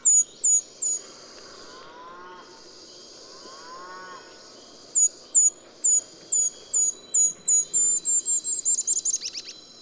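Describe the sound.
Golden-crowned Kinglet song: a few high thin notes, a quiet gap with faint lower sounds, then a longer run of high notes speeding into a twittering chatter.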